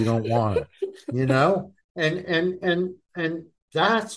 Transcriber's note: laughs